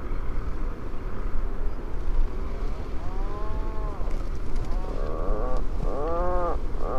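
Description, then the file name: Atlantic puffin groaning calls: a few arched moans, the last near the end, against a steady heavy low-pitched background roar. "macareux moine - fratercula arctica"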